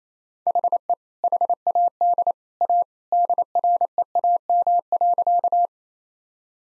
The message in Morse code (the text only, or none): HE HAD A DREAM.